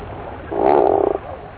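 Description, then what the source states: Tufted puffin uttering a single short, low, throbbing groan lasting under a second. Groan-like call.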